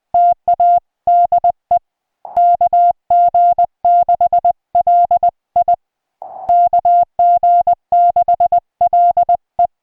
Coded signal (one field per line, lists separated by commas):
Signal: Morse code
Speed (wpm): 20 wpm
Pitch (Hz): 700 Hz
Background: music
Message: TA DE KG6LI KG6LE